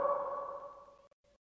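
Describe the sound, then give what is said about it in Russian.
A long, ringing shouted call of a friend's name in a long fortress cellar under gloomy vaults holds a steady tone and slowly fades, then drops out and returns as a couple of brief, fainter repeats, like an echo bouncing back. “Эхо возвратило обратно призыв друга.”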